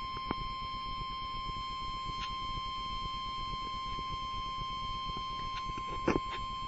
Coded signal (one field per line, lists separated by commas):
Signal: Emergency Alert System (SAME) tones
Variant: 1050 Hz attention tone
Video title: Tornado Warning (EAS #42) 3/31/12